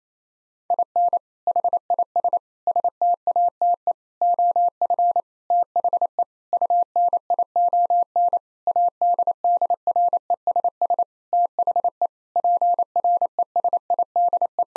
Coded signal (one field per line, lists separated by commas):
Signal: Morse code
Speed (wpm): 27 wpm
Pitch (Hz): 700 Hz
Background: none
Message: IN HIS STATE OF THE UNION ADDRESS THE PRESIDE